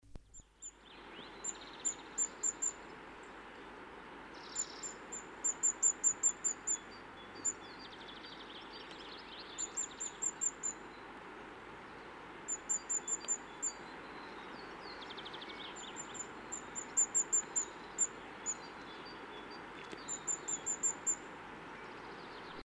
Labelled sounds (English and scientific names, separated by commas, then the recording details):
Common Firecrest (Regulus ignicapilla) call, Great Tit (Parus major), European Greenfinch (Chloris chloris)
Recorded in the wild
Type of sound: call
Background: Parus major, Chloris chloris
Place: Oberstdorf, Bayern, DE
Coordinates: 47.4378, 10.3039
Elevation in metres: 1055
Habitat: mountains
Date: 1976-04-05
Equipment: Nagra IV, Sennheiser MKH 405, Parabolreflektor
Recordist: Tretzel, Erwin
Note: Weg zur Gaisalpe, Oberstdorf: Rufe